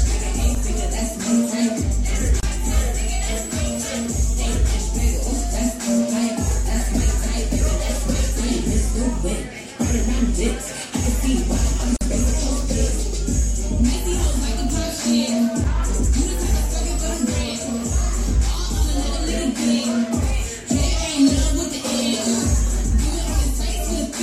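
Lively sounds from within Central 111: a dense, steady wash of voices and shuffling movement with no clear pauses. A low rumble runs underneath throughout, briefly dropping out around 2, 10, 11 and 16 seconds, while sharper clinks and knocks surface now and then.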